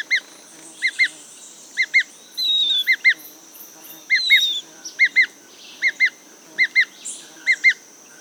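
Bird calls: short paired chirps repeated about once a second, with an occasional thin descending whistle and a faint steady high tone behind.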